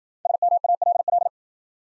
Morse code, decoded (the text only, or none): SMALL